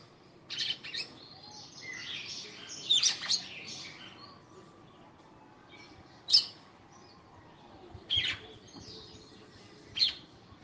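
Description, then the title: Red-cowled cardinal song: an opening run of buzzy high chirps, followed by single sharp notes repeated every two seconds or so. Fiery female singing to the male. "Canto Galo Campina Fêmea. FÊMEA DE GALO DE CAMPINA FOGOSA CANTANDO PRO MACHO"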